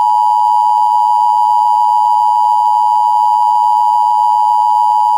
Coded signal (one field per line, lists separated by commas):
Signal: Emergency Alert System (SAME) tones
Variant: 853 and 960 Hz attention tone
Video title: EAS Scenario: San Diego Madness